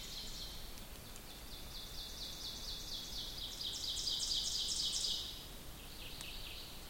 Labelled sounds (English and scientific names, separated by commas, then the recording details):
Ovenbird (Seiurus aurocapilla) song
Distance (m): 55 m
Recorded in boreal forest in Alberta, Canada, on 2 June 2016 at 06:00
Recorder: SongMeter 3, array SBT-3-7
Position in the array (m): 49 m, 143 m
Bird 4